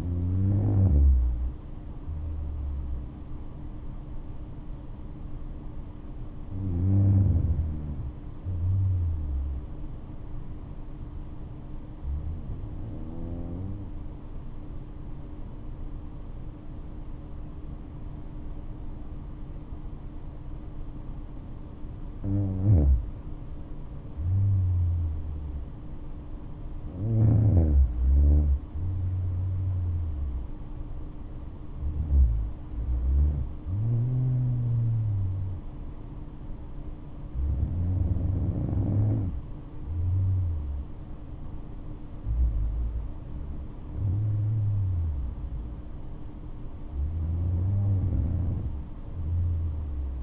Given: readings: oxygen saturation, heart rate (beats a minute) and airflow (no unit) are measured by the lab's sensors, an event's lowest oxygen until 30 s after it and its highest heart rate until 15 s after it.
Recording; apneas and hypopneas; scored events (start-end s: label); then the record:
breathing in sleep by a smartphone at the bedside; 1
8.00-25.80 s: hypopnea (N2, oxygen 97% highest, then 93% lowest, heart rate 61 at the start, 69 highest)
From the record:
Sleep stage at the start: N2 (light sleep); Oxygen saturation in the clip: 93 to 97%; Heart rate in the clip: 59 to 70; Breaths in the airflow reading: 9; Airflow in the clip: -7.9 to 11.4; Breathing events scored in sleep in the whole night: 228 in 5.4 hours asleep